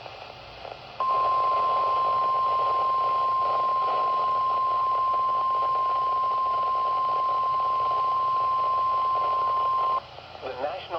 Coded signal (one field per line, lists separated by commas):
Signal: Emergency Alert System (SAME) tones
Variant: 1050 Hz attention tone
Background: speech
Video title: MOTHER NATURE IS UNDER PERFORMING - EAS Alerts from August 2025 (EAS #607 - 617)